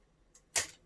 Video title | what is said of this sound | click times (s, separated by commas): Land Rover 42110 | it should be able to snap lock like | 0.6 s